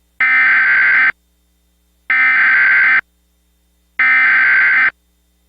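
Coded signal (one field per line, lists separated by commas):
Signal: Emergency Alert System (SAME) tones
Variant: header bursts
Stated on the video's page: Valid EAS tones in a fictional mini scenario, using macros credited to another creator.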